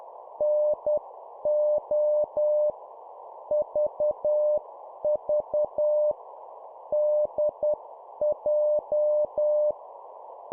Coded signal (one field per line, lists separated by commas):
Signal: Morse code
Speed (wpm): 10 wpm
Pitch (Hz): 600 Hz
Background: none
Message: NO VV DJ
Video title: 10wpm Two letter words, cw morse code